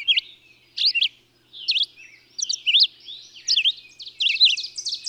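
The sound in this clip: Bird song made of sharp high whistled notes in tight clusters, separated by short gaps, with faint buzzy notes between phrases.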